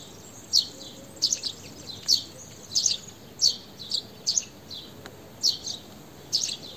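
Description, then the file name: House sparrow chirping, short sharp high chirps repeated roughly every half second to second, some doubled, over a steady background hiss. "Passer domesticus"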